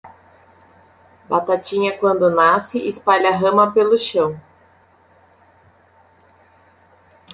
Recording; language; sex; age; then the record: short text; Brazilian Portuguese; female; 20 to 29 years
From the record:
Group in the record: control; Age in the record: 28 years